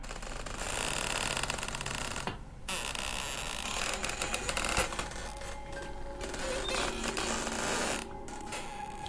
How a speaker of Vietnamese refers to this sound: Độ 30 phút sau, một y tá quay lại, cửa từ từ mở ra. Tiếng cánh cửa rít lên nặng nề.